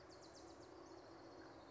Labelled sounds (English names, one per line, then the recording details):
Bewick's Wren
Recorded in Sonoma County, California